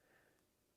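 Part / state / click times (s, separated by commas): tumbler pin in a lock cylinder / not seated / none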